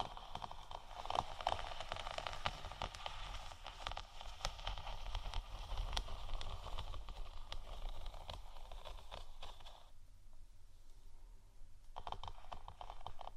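Gentle scratching and tapping on faux leather, a dense, steady rustle broken by frequent quick taps scattered throughout. The texture is mostly bright and soft, with a low hum underneath. Around ten to twelve seconds the scratching thins out and goes quieter before resuming.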